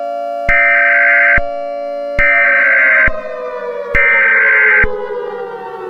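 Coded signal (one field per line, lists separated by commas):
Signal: Emergency Alert System (SAME) tones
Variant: header bursts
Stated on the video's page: Fictional EAS scenario.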